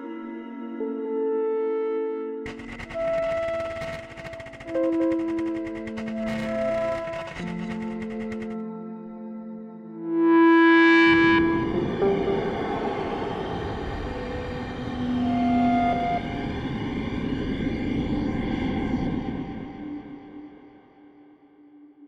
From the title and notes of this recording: The Ambient Spaceship Soundscape.